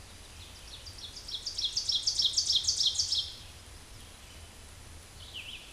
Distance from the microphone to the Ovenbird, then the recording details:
about 10 m. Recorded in a Pennsylvania forest on 17 May 2023 at 13:00. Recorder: AudioMoth, point grid1_30_low. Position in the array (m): 190 m, 65 m